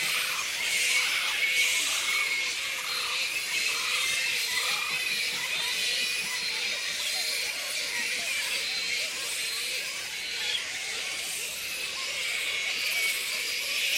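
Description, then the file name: Black flying fox: constant high-pitched squeaking and chattering from a crowd of black flying foxes, with short wavering lower cries scattered throughout. A colony of black fruit bats giving squeaks. "black fruit bats -pteropus alecto colony squeaks"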